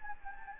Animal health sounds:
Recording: mosquito wingbeat signal from an infrared sensor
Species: Anopheles gambiae

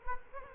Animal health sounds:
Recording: mosquito wingbeat signal from an infrared sensor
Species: Culex quinquefasciatus

